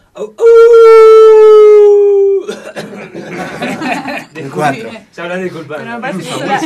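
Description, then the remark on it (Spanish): A person imitates a wolf howl, holding one loud, steady, slightly falling note for about two seconds, followed by chatter and laughter from several people. “Vamos a aullar, está un poquito difónico el lobo en este caso.”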